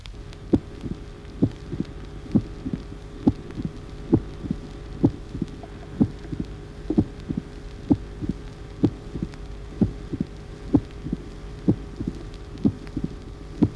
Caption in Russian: Ритм перепела. Хлопающий первый тон высокого тембра. Второй тон отчетливо раздвоен.